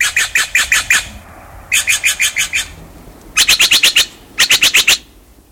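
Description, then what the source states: Steller's jay harsh calls: loud, grating notes in four rapid runs of five to seven over about five seconds. Loud, demanding call; often in small family groups, swooping out of a conifer and scattering the smaller birds at a feeder.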